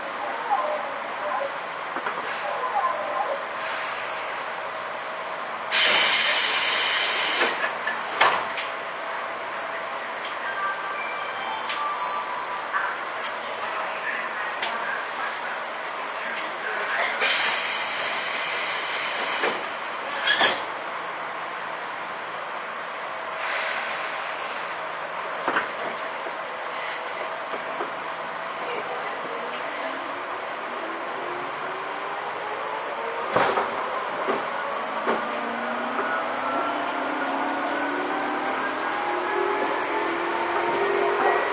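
A Tobu 10000 series train runs between Asakusa and Kita-Senju, with a steady low rumble and recurring sharp clicks and knocks from the wheels on the track. Bursts of bright hiss mark around 6, 17 and 23 seconds, and a rising motor whine sweeps upward toward the end.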